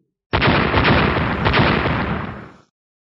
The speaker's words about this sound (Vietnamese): Những tiếng nổ mãnh liệt liên tục vang vọng rồi tàn phá bừa bãi bên trong cơ thể của Vọng Nguyệt. Thức Tinh kiếm trận không chỉ có kiếm thể tự bạo, mà trong khoảnh khắc này, ngay cả những tà hồn ở bên trong cũng hóa thành những lực lượng vô tận.